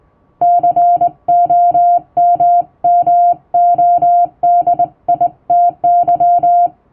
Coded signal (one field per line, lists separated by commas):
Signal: Morse code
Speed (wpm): 20 wpm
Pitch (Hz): 700 Hz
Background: music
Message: COMMODITY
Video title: 4月27日はモールス符号の発明者サミュエル・モールスの誕生日！やっぱりＣＷは縦振り電鍵で叩きたい！今年のＧＷはモールス信号をマスターしよう！(Happy Morse Code Day 2023！)